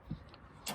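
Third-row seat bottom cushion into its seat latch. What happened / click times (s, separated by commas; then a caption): The seat cushion is being handled and has not latched yet / none. A third-row seat bottom cushion on a 2020 Lexus GX is pulled from the center and lifted toward its seat latch. A low thump is heard near 0.1 s, a faint tick around 0.3 s, and a louder broadband rustle from about 0.7 s. The cushion has not clicked or latched into place yet.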